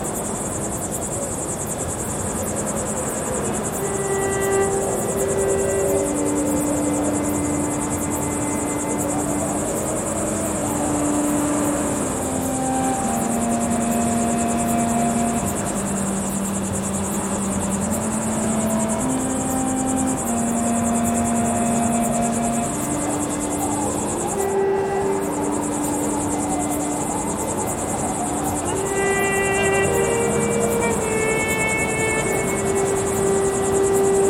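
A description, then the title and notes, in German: An outdoor recording from the Atlas Mountains at the edge of the Western Sahara, with a steady, dense rushing noise and a bright hiss throughout. A slow melody of long held notes steps up and down over it. A brief dip comes near 25 seconds. Natur - Atlasgebirge Marokko. Aufnahme vom Atlasgebirge am Rande der Westsahara.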